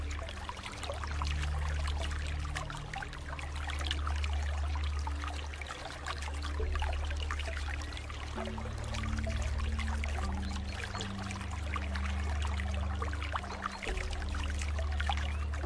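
Water pours and trickles steadily over the whole stretch, dense and crackling, while deep sustained music tones drone underneath, shifting pitch every few seconds.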